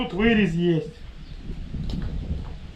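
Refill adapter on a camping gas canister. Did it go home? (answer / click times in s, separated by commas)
yes / 1.9 s, 2.0 s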